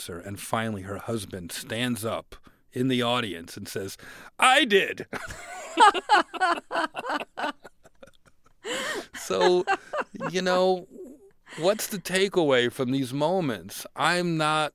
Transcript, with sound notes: And finally her husband stands up in the audience and says I did.
(LAUGHTER)
So, you know, what's the takeaway from these moments?